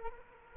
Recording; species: mosquito wingbeat signal from an infrared sensor; Culex quinquefasciatus